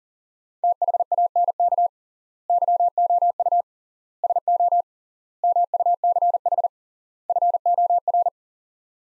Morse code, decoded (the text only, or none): THANK YOU SO MUCH FOR